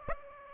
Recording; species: mosquito wingbeat signal from an infrared sensor; Aedes aegypti